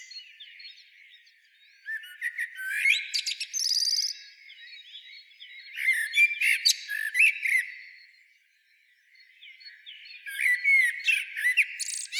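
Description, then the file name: Common blackbird song: three phrases of mellow fluted warbles mixed with high squeaky twitters, separated by short pauses. "Turdus merula"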